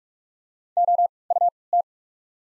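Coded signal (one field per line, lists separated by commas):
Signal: Morse code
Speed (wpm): 46 wpm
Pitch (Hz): 700 Hz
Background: none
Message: OUT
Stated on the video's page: Morse practice of the top 300 words at 45 wpm using Farnsworth timing with 3x character spacing.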